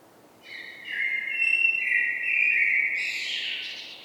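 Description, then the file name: Common blackbird song: one long fluting warble ending in a higher, squeaky twittering flourish. "Turdus merula"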